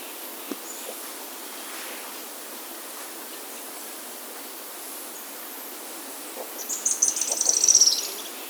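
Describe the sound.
Bird song: after a long quiet stretch with faint ticks, a quick, very high-pitched trill of rapid pulses near the end, drifting slightly lower.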